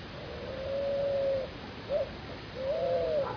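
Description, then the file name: Spot-winged pigeon call: one long steady coo, a short sharp note, then another drawn-out coo, against faint background noise. Recorded at Arredondo, Córdoba. "Paloma-Manchada Arredondo"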